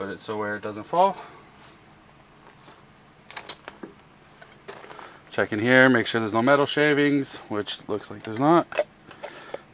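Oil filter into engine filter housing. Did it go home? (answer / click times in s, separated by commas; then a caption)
no / none. During race prep, someone handles a new oil filter at the engine's filter housing while talking, with brief sharp knocks around 3.3–3.7 seconds and 4.7–5.0 seconds. The filter has not yet seated or clicked into the housing.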